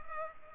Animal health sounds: mosquito wingbeat signal from an infrared sensor; Culex pipiens

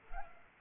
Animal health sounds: mosquito wingbeat signal from an infrared sensor; Culex pipiens

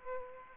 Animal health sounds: mosquito wingbeat signal from an infrared sensor; Aedes aegypti

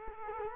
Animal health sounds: mosquito wingbeat signal from an infrared sensor; Culex quinquefasciatus

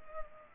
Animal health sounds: mosquito wingbeat signal from an infrared sensor; Culex pipiens

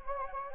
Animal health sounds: mosquito wingbeat signal from an infrared sensor; Anopheles gambiae

